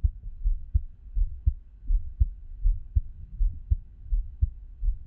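Steady low thumps in paired lub-dub beats, about 80 a minute: an adult heartbeat.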